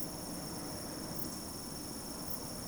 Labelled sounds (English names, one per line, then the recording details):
Eurasian Woodcock whistle
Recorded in Baden-Württemberg, Germany, on 27 June 2020 at 20:20 UTC
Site 42618, 210 m above sea level